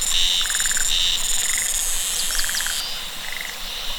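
Cicadas produce intense high buzzing in long and short bursts, accompanied by rapid rattling trills and brief chirping notes.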